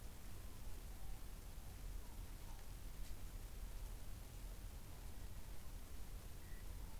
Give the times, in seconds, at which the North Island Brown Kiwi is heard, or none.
none